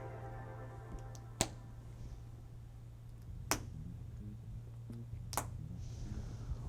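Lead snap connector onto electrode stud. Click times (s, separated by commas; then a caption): 1.4 s, 3.5 s, 5.3 s. Physiological recording leads are snapped one by one onto the snap studs of pre-placed electrodes on a strip, and each lead seats onto its electrode. Sharp snap clicks are heard at 1.4 s, 3.5 s and 5.3 s over steady background music with a low hum.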